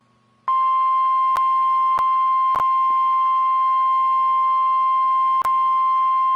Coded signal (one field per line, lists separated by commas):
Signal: Emergency Alert System (SAME) tones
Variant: 1050 Hz attention tone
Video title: (FIRST EAS CATCH OF 2022) EAS Tornado Watch #10 on NWR 01/02/22